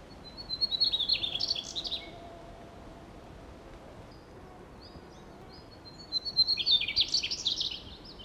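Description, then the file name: Mugimaki flycatcher song: two high, rapid twittering phrases separated by a long pause, each a jumbled warble lasting under two seconds, with faint background hiss. Recorded on 16 June 2012. "Mmugimakii Dacha"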